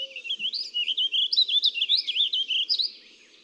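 Warbling vireo giving one continuous, bubbling warble of fast slurred notes that wander up and down for about three seconds.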